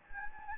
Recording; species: mosquito wingbeat signal from an infrared sensor; Anopheles gambiae